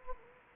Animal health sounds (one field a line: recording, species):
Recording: mosquito wingbeat signal from an infrared sensor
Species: Anopheles gambiae